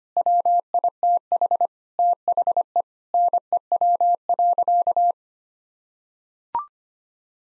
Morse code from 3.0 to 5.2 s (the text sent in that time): NEW.